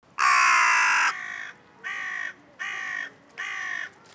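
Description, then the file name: Carrion crow giving harsh, raspy caws: one long loud caw, then three shorter, softer caws evenly spaced under a second apart. "Corvus corone"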